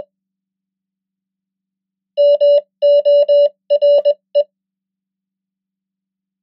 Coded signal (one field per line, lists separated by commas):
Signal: Morse code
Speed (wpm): 21 wpm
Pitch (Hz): 580 Hz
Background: none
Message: MORE